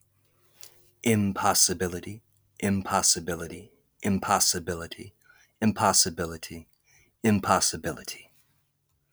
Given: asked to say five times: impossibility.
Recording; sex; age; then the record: repeated word; male; 30 to 39 years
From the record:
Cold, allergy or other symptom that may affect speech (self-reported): no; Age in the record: 32 years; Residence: Tennessee, United States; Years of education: 14